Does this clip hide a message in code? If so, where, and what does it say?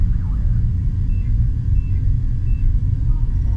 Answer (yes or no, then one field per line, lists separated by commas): no